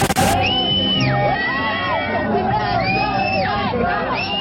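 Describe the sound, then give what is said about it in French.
A dense crowd of a few hundred fans shrieking and screaming in ecstasy nonstop as their rock idols' helicopter lands, high-pitched overlapping cries rising and falling over a loud roar of excited voices. “Ce ne sont pas des cris d'émeute, ce sont des cris d'extase.”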